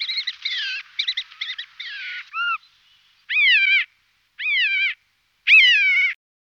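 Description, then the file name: Siberian jay calls: a run of quick buzzy chattering notes, then three drawn-out, harmonic mewing calls that rise and fall, spaced about a second apart. "Koshlar tavyshy. Perisoreus infaustus"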